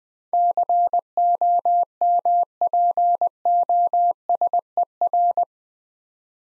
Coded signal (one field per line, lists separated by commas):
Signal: Morse code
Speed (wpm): 20 wpm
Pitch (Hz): 700 Hz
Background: none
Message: COMPOSER